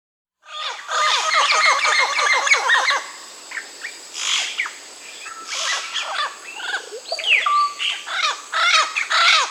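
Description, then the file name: Yellow-crowned parrot calls: a rapid chattering run of harsh squawks for about two seconds, then scattered grating notes and squeaks over a steady hiss. Recorded in Peru, Amazon region. "Yellow-crowned Parrot (Amazona ochrocephala), Peru"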